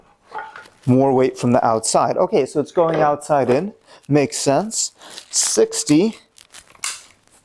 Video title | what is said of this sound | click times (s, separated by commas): Ativafit 88lb Adjustable Dumbell Review | make sure it clicks into place. | 6.8 s